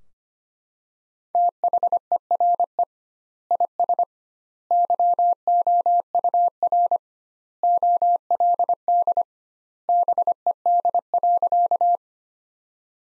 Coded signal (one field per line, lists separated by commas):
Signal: Morse code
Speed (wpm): 25 wpm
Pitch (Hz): 700 Hz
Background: none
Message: THERE IS YOUR OLD BED.